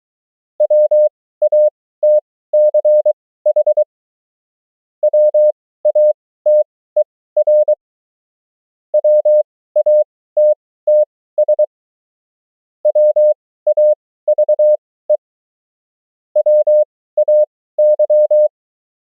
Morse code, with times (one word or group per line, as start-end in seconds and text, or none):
0.6-3.8 WATCH
5.0-7.7 WATER
8.9-11.6 WATTS
12.9-15.2 WAVE
16.4-18.5 WAY